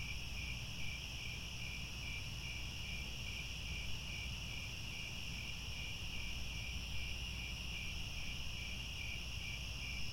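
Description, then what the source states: Crickets give a ceaseless layered chirping, quick pulses at high pitch, accompanied by steady low-frequency noise. Chorus of crickets at twilight, as the sun sets and stars appear.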